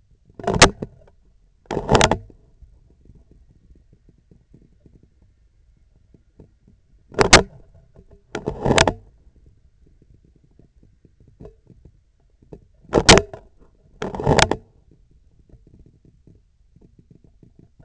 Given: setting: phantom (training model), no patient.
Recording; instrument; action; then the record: laparoscopic instrument, vibration sensor on the handle end; scissors; opening and closing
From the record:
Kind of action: tool actuation without material contact